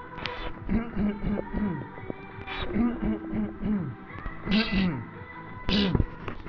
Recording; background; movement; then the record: throat clearing; music; sitting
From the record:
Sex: male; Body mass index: 20.6 kg/m2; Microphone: on the chest, facing the body